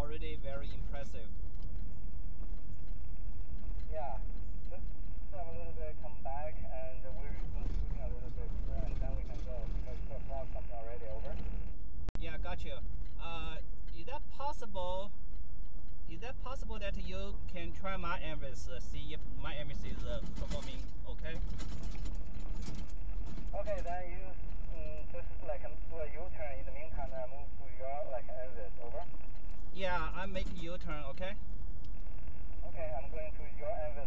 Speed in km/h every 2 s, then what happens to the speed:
37, 34, 37, 39, 40, 37, 32, 31, 31, 31, 27, 27, 27, 27, 31, 29, 29.
3-8 speeds up to 40. 8-13 slows to 31. 13-34 steady at about 29.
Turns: none.